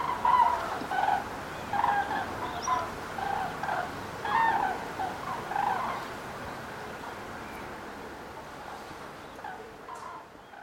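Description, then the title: Common cranes giving loud trumpeting flight calls from a passing flock, rolling calls overlapping in bursts for about six seconds, then fading to faint background noise. Flock of common cranes passing over in grouped flight, 29 October 2016; calls described as surprising sounds. "Passage De Grues Cendrées 29 Octobre 2016"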